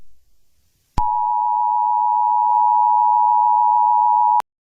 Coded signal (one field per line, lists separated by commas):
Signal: Emergency Alert System (SAME) tones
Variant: 853 and 960 Hz attention tone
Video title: EAS SCENARIO #46: I-Ready Characters